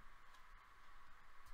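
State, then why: Not seated. A small plastic cover over the SIM card slot of a MiFi mobile WiFi device is handled after the SIM card has been pushed back in, as the cover is brought toward closing. Only a steady hiss with a bright band around 1–2 kHz and a few faint ticks is heard. Nothing has seated or clicked yet; the cover has not snapped shut.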